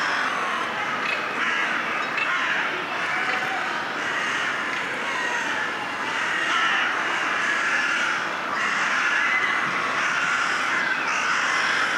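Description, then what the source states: Crows cawing in a dense, continuous chorus, many harsh overlapping calls blending into a steady roar with no pauses throughout. A chorus of crows calling together.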